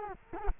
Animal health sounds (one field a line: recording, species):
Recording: mosquito wingbeat signal from an infrared sensor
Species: Culex quinquefasciatus